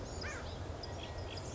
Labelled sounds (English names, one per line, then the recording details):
American Crow
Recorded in Sonoma County, California